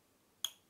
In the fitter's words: là ça a fait clic je sais pas si vous avez entendu et